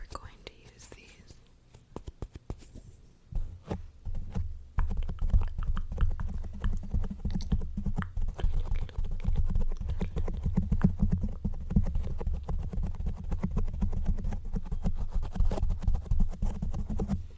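Rough scratching starts sparse and quiet, then from about three seconds becomes a dense, steady run of low, gritty scrapes and clicks.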